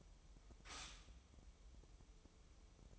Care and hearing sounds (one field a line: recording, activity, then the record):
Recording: daily activity, microphone in the room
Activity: stop toaster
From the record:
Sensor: 1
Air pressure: 988.5 hPa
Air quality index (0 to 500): 197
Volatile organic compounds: 939 ppm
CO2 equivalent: 5236 ppm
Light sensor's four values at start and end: 25/95/36/37 and 25/95/36/37